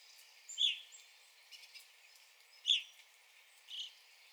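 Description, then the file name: Evening grosbeak calls: three loud, clear chirps at uneven intervals, with fainter chirps between. Recorded 9 April 2021. "2021-04-09 Evening Grosbeak"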